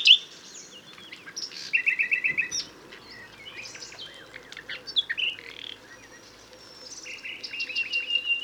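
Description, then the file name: Common nightingale delivering fast varied song: sharp rising notes, rattling repeated trills and a thin drawn-out whistle. "Luscinia megarhynchos"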